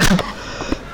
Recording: coughing mixed with background sound